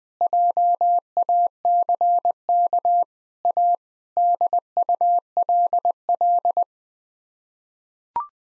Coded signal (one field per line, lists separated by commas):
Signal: Morse code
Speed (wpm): 20 wpm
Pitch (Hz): 700 Hz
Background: none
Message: JACK A DULL